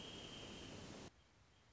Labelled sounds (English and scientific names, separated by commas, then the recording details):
Wrentit (Chamaea fasciata)
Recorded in Sonoma County, California